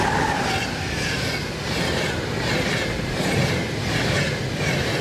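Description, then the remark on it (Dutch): An old German train rumbles past steadily beside a fenced railway track, a broad, loud roar of wheels and engine noise with a faint high whine, sustained throughout with slight swells in volume and no voices. “Duitse, oude Duitse treinen, die maken iets meer herrie.”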